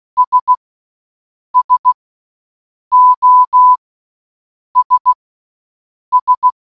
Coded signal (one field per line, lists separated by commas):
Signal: Morse code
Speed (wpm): 16 wpm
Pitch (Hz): 1000 Hz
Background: none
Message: S SOS S